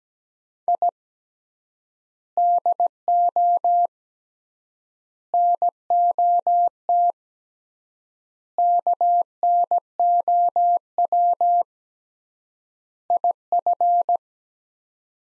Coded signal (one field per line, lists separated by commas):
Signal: Morse code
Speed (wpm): 17 wpm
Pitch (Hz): 700 Hz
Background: none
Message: I DO NOT KNOW IF